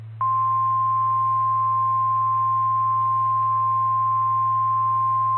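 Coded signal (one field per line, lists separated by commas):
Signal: Emergency Alert System (SAME) tones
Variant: 1050 Hz attention tone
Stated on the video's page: Heard on the 146.9200 MHz repeater.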